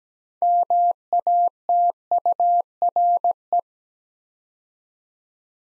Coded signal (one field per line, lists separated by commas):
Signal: Morse code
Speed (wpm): 17 wpm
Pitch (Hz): 700 Hz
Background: none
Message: MATURE